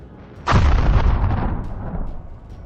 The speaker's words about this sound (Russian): Последовавший затем взрыв вполне мог подтвердить их опасения.